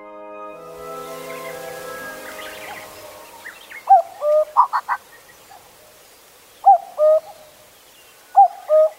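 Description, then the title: Common cuckoo giving two-note cuck-oo calls after a few seconds of sustained musical tones and hiss at the start, with other faint bird notes between calls. Recorded at Zao, Japan. "蔵王のカッコウ"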